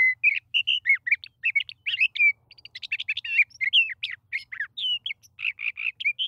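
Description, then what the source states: Sage thrasher song, a hurried medley of squeaky, warbling and whistled notes delivered continuously with short gaps, over a faint low hum. Male still singing strongly, perched atop sagebrush; often sings nonstop for minutes; song concerns territory and attracting a mate.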